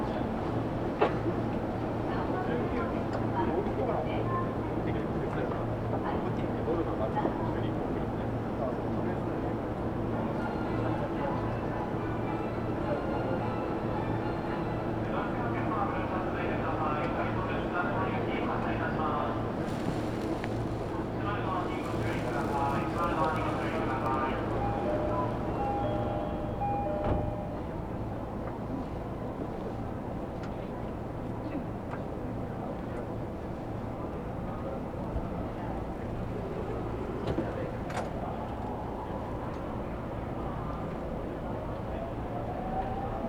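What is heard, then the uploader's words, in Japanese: A Tokyo Metro train runs between Iidabashi and Nishi-Funabashi, with a steady low rumble and hum that holds throughout. Voices and announcement-like tones rise over it around the middle, near 20 to 26 seconds. Brief clicks and rattles come and go. 東京メトロ 飯田橋→西船橋。津田沼行きの快速に乗車していますので、車両はＪＲの車両です。通勤時間帯なのでかなり混雑してきましたが。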